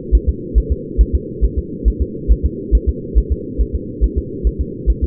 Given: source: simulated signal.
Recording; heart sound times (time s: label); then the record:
fetal heart sounds
0.15 s: S1
0.29 s: S2
0.58 s: S1
0.72 s: S2
1.01 s: S1
1.15 s: S2
1.45 s: S1
1.58 s: S2
1.88 s: S1
2.02 s: S2
2.31 s: S1
2.45 s: S2
2.75 s: S1
2.89 s: S2
3.18 s: S1
3.32 s: S2
3.61 s: S1
3.75 s: S2
4.04 s: S1
4.18 s: S2
4.47 s: S1
4.61 s: S2
4.90 s: S1
5.04 s: S2
From the record:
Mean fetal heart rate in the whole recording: 140 bpm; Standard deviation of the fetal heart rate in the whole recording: 2 bpm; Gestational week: 34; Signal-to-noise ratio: -4.1 dB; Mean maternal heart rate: no maternal heart sound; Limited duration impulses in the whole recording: absent